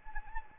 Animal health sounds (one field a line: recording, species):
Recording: mosquito wingbeat signal from an infrared sensor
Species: Anopheles arabiensis